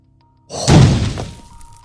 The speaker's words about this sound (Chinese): 一分钟后，伴随着一道震耳欲聋的声音，红宝石墙壁被砸出一个拳头大小的洞。